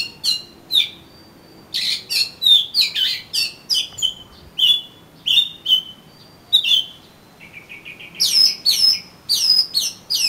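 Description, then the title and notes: Oriental magpie-robin song, a busy string of whistles, rising and falling slurs and scratchy notes, with a brief rapid trill of short ticks in the later part. "suara kacer. kumpulan suara burung kacer"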